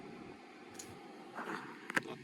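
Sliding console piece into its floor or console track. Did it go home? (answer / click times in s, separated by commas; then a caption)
yes / 1.9 s, 2.0 s. A movable console piece inside a Power Wagon truck is slid along its floor or console track. After a soft sliding rustle, two sharp plastic clicks at 1.9 s and 2.0 s mark it locking into place, seated in the track.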